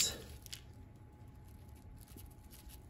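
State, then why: Seated. A metal brake line is pressed back into its retaining clip on the rear axle of a 1992 GMC Sonoma during reinstallation of the rear end. A sharp, short click at 0.5 s, followed by a second at 0.5 s, marks the line snapping home and seating. Faint low rumble and small taps follow.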